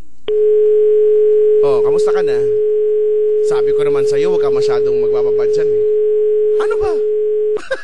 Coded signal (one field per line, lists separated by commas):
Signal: telephone call progress tone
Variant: Europe, 425 Hz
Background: speech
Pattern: dial tone